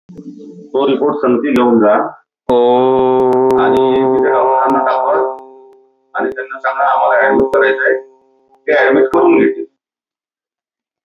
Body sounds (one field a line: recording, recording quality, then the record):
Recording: sustained vowel as in boot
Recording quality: poor, much background noise or distortion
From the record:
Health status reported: exposed to COVID-19, no respiratory illness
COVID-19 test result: not tested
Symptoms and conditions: none ticked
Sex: male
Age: 31 years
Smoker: not ticked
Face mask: not worn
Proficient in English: yes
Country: India